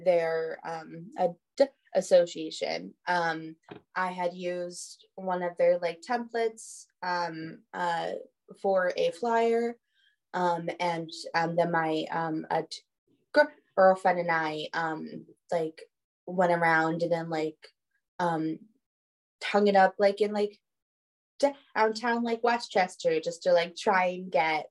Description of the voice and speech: As a person who stutters.